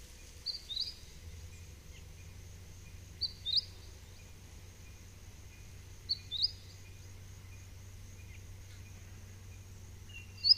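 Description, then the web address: Mistletoebird calls: sharp, high paired notes repeated about every three seconds over a steady high insect-like hiss and low rumble. "sound Mistletoebird. صدای-پرنده-مرغ-دارواش"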